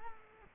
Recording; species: mosquito wingbeat signal from an infrared sensor; Culex quinquefasciatus